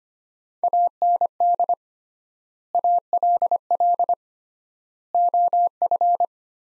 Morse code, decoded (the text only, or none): AND ALL OF